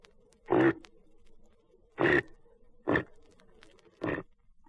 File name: caribou huffs